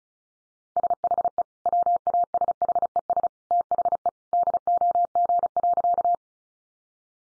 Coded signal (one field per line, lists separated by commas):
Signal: Morse code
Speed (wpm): 34 wpm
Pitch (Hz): 700 Hz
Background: none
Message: SHE WASHES THE DOG.